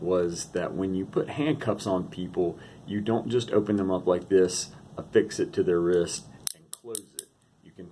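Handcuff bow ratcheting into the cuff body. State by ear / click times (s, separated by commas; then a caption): seated / 6.5 s, 6.7 s, 6.9 s, 7.2 s. Someone talks, then a handcuff bow is swung onto a wrist and ratchets shut through the metal pawl into the cuff body, giving a series of sharp clicks at 6.5, 6.7, 7.0 and 7.2 seconds. The cuff clicks closed and adjusts to fit.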